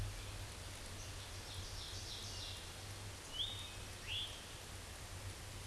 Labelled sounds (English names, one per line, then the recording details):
Eastern Towhee song
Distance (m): 65 m
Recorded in a Pennsylvania forest on 17 May 2023 at 13:58
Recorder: AudioMoth, point grid1_30_low
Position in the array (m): 134 m, 115 m